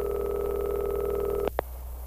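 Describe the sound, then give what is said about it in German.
A telephone ringing tone, heard from a phone booth, hums steadily for about a second and a half, then cuts off with two sharp clicks as the line is picked up, leaving a faint hiss. “Ich ging in eine Telefonzelle.”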